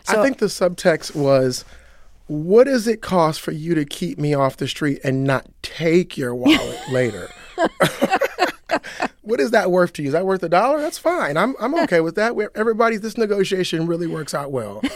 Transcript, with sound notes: I think the subtext was what does it cost for you to keep me off the street and not take your wallet later? (LAUGHTER) Was is that worth to you? Is that worth a dollar? That's fine. I'm OK with that. Everybody's - this negotiation really works out well.